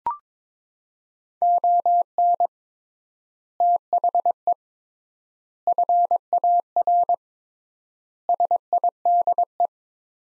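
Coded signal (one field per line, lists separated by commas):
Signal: Morse code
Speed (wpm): 22 wpm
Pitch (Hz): 700 Hz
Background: none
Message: ON THE FAR SIDE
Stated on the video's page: Morse practice at 22 wpm: sets of five words with 3x standard word spacing, a word-level Farnsworth-style method; each set is sent, spoken, then sent again.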